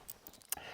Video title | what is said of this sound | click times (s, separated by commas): Ulanzi Falcam F38 V2 Review – This Camera Clip Changed How I Shoot Outdoors! | And you just slide it in the clip holder and you hear the click already, | 0.5 s